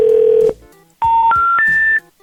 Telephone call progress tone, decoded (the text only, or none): special information tone